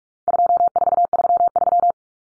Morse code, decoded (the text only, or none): 2433